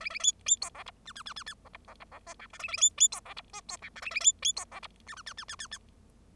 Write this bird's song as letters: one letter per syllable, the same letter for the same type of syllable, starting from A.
A A B B C D E F F F F F D E D E D G H I A A B B C D E G C H I A A B B C D E F F F F F F F